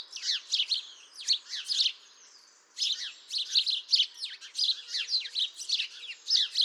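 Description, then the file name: House sparrow chirps come fast and insistent, rapid sharp notes repeated several per second, with one brief gap past two seconds. "Passer domesticus"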